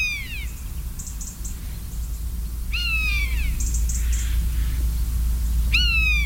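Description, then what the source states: Common buzzard calling: drawn-out, descending mewing whistles, three in about six seconds, with faint high chirps of small birds in between. One or two buzzards heard during a walk.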